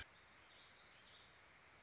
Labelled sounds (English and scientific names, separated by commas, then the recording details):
Warbling Vireo (Vireo gilvus)
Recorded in Sonoma County, California